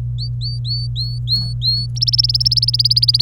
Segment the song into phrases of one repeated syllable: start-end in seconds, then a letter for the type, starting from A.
0.19-1.86 A, 1.95-3.21 B